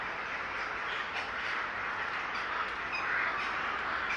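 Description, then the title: Many birds in a gathering, constant rough chattering calls with a few clearer, higher whistled notes near the end. Gathering of birds in S. Staszic Park, Łódź. "Ptaki W Parku Im. S. Staszica W Łodzi"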